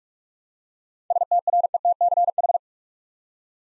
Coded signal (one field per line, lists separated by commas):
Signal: Morse code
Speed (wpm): 44 wpm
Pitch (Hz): 700 Hz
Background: none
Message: STRETCH